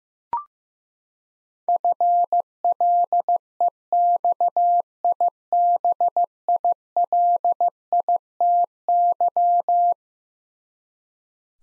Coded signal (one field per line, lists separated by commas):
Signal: Morse code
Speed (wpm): 15 wpm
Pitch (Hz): 700 Hz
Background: none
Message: FLEXIBILITY